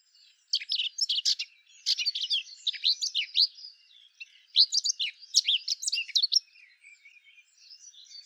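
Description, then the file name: Eurasian blackcap song: two long runs of hurried, scratchy and sweet warbled notes, the second louder, trailing off into softer twittering. "Sylvia atricapilla"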